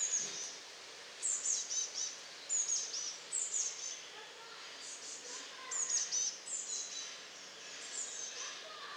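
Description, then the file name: Eurasian blue tit calling, thin high notes followed by lower churring notes, repeated in several bursts. "Cyanistes caeruleus"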